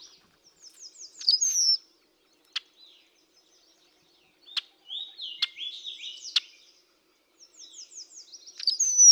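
Rusty blackbird with high creaky squeaks and gurgling phrases, broken by isolated sharp clicking chack notes between them.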